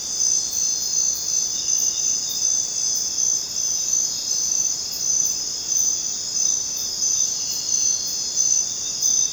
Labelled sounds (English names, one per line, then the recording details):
none
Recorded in dense forest near Puerto Asís, Putumayo, Colombia, on 22 June 2025 at 22:00
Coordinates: 0.484, -76.317
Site G045